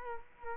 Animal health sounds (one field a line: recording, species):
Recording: mosquito wingbeat signal from an infrared sensor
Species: Culex quinquefasciatus